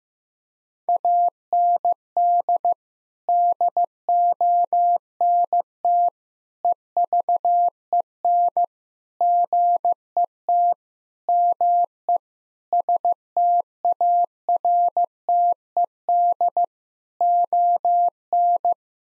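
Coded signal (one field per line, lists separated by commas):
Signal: Morse code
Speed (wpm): 16 wpm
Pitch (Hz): 700 Hz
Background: none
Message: AND DONT EVEN GET ME STARTED ON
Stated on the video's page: Morse practice at 15 wpm: sentences containing common eight-word phrases, each sent, spoken, then sent again for head-copy.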